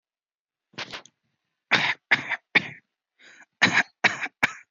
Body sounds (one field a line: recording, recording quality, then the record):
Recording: shallow voluntary cough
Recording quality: excellent, no background noise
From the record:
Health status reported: healthy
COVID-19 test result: not tested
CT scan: not taken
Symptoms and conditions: cold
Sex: male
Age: 29 years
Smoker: no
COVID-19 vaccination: one dose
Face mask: not worn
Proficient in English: yes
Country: India